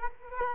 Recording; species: mosquito wingbeat signal from an infrared sensor; Culex quinquefasciatus